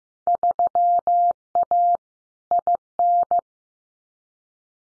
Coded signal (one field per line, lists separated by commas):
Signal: Morse code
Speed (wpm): 15 wpm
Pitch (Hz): 700 Hz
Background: none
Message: 3A IN